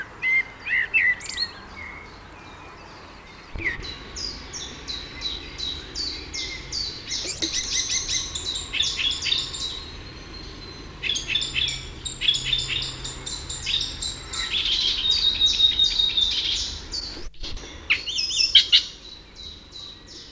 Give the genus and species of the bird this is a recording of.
Turdus merula